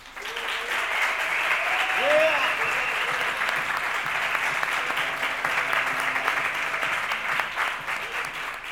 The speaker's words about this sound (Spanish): Y por favor, un poco de ambiente aquí, hay que oírse un poco, por favor, la gente que está, por favor, un poco de palmas, por favor.